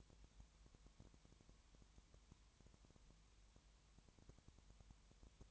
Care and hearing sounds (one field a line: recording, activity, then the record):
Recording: daily activity, microphone in the room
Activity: no activity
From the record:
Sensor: 3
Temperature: 20.5 degrees Celsius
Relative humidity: 32.9%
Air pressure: 1003.2 hPa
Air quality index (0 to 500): 106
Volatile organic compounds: 2 ppm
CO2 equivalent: 1073 ppm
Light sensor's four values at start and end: 2/3/2/2 and 2/3/2/2